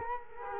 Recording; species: mosquito wingbeat signal from an infrared sensor; Culex quinquefasciatus